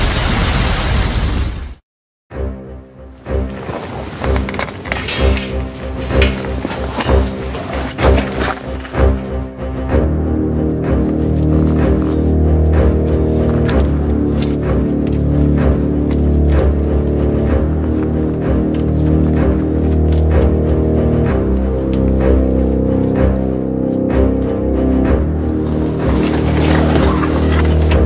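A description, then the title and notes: Fire being made in an abandoned cave: after a short silence near the start, busy scraping and crackling fill the first ten seconds. From then on a loud, steady low roar takes over, with dense sharp crackles and pops running through it to the end. Making fire in an abandoned cave.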